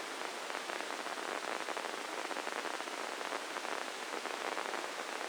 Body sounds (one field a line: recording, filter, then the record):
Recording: brain microelectrode recording played as sound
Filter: spike band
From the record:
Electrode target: subthalamic nucleus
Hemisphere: left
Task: reaching with the right hand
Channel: 1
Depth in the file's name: 4.826 mm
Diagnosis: Parkinson's disease